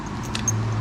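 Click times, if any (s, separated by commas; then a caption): 0.4 s, 0.5 s. A simple metal gate lock, screwed onto the shower tent mounting bracket on the roof rack of an Air Opus forward-fold camper trailer, is closed and latches into place. Two sharp metallic clicks are heard at 0.4 and 0.5 seconds over a steady low hum, and the lock is seated.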